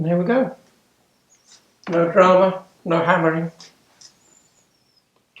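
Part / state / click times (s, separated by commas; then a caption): engine crankcase half onto crankshaft and other case half / seated / 5.4 s. Someone talks while the two halves of an air-cooled flat-twin 2CV engine crankcase are brought together over the crankshaft and pushed home by hand, with no hammering. After a quiet stretch, a short sharp pop is heard at 5.4 s as the case half seats into place, confirming the crank is seated correctly.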